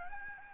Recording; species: mosquito wingbeat signal from an infrared sensor; Aedes albopictus